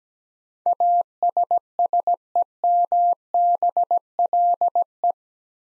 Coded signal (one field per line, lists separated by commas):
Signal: Morse code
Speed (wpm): 17 wpm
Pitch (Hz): 700 Hz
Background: none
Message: ASSEMBLE